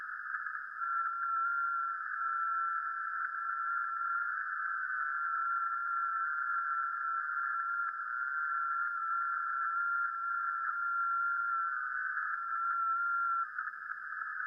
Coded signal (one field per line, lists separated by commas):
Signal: FT8